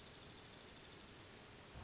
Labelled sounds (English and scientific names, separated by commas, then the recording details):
Dark-eyed Junco (Junco hyemalis)
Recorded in Sonoma County, California